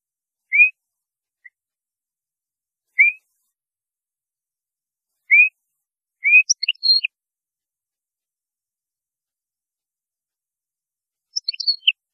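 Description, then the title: European goldfinch song: clear rising whistled notes a few seconds apart, then short tinkling twitters near the middle and end. "Chant Chardonneret"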